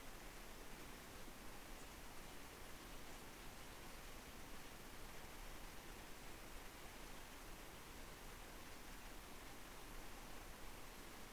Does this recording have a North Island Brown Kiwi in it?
no